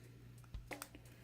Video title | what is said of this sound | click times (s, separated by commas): Star Wars Micro Machines Action Fleet Y-Wing | And you'll hear them snap into position there. | 0.7 s, 0.8 s